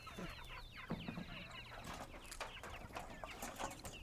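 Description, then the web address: Chickens clucking, a flock giving many short, overlapping clucks and cackles in quick, irregular succession, with low rumbling farmyard background. Chickens at a goat farm. "Sky Cloud Audio Post Production ATFT GOAT FARM SOUNDS Chickens"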